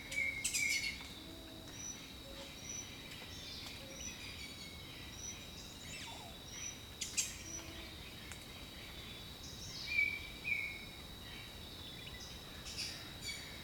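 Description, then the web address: Bird whistles in short bursts at the start and near ten seconds, with scattered chirps, against a constant high insect hum and soft low calls. Jungle setting. "Echoes of Nature - Jungle Talk 01 Jungle Birdsong"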